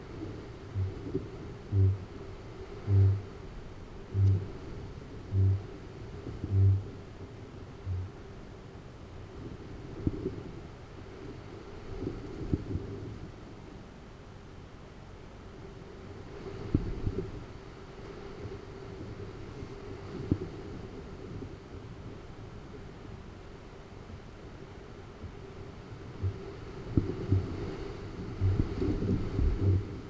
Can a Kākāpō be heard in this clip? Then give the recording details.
yes. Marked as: faintness 2/5, faintness 4/5. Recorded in New Zealand. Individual Arab